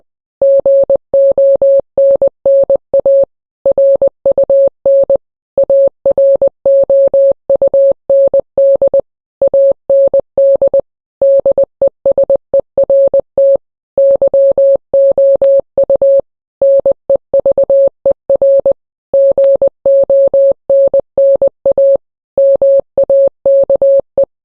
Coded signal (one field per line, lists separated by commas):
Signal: Morse code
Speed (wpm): 20 wpm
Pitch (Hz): 550 Hz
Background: none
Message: GONNA RUN AROUND AND DESERT YOU NEVER GONNA MAKE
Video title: rickroll but Morse code version